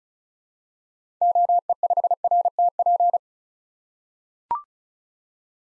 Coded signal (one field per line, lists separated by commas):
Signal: Morse code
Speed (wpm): 36 wpm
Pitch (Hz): 700 Hz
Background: none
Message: OE5RTP